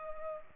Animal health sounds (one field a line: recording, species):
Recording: mosquito wingbeat signal from an infrared sensor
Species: Culex pipiens